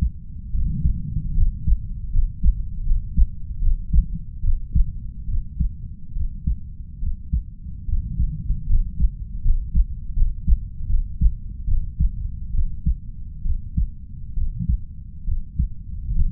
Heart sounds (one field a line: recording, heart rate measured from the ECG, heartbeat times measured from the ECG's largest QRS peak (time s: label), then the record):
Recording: heart sounds by stethoscope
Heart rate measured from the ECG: 73 bpm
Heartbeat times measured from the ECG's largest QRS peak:
0.51 s: heartbeat
1.34 s: heartbeat
2.10 s: heartbeat
2.83 s: heartbeat
3.59 s: heartbeat
4.41 s: heartbeat
5.26 s: heartbeat
6.13 s: heartbeat
6.99 s: heartbeat
7.85 s: heartbeat
8.66 s: heartbeat
9.42 s: heartbeat
10.14 s: heartbeat
10.86 s: heartbeat
11.65 s: heartbeat
12.51 s: heartbeat
13.42 s: heartbeat
14.34 s: heartbeat
15.24 s: heartbeat
16.12 s: heartbeat
From the record:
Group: healthy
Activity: rest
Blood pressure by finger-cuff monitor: 118/69 mmHg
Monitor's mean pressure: 84 mmHg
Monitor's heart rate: 72 bpm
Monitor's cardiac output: 5.8 L/min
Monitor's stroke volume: 78 mL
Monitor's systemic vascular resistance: 1050 dyn s/cm5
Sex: female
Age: 32 years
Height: 168 cm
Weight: 61.9 kg